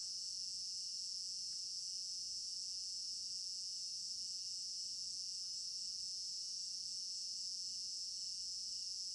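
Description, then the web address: Crickets trill without pause, a high metallic shimmer over a softer pulsing chirp, with occasional light ticks. Crickets in an African village garden at night; stereo binaural recording. "African-Village Garden Night Crickets Stereo-Binaural. immersive sound library"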